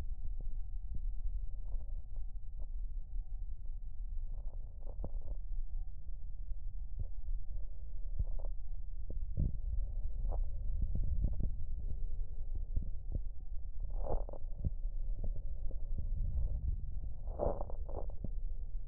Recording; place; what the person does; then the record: lung sounds by stethoscope; right anterior apical chest; quiet breathing, then deep breathing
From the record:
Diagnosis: COPD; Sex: male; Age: 70 years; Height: 183 cm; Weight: 116 kg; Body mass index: 34.6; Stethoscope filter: extended mode